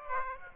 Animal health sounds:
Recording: mosquito wingbeat signal from an infrared sensor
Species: Aedes aegypti

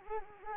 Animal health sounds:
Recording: mosquito wingbeat signal from an infrared sensor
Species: Anopheles arabiensis

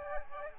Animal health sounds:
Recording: mosquito wingbeat signal from an infrared sensor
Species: Aedes aegypti

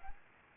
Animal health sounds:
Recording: mosquito wingbeat signal from an infrared sensor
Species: Aedes aegypti

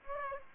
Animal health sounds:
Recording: mosquito wingbeat signal from an infrared sensor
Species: Aedes aegypti

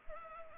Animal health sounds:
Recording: mosquito wingbeat signal from an infrared sensor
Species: Culex pipiens

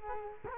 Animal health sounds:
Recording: mosquito wingbeat signal from an infrared sensor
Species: Culex quinquefasciatus

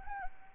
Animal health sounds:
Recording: mosquito wingbeat signal from an infrared sensor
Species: Anopheles arabiensis

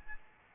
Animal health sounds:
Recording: mosquito wingbeat signal from an infrared sensor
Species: Aedes albopictus

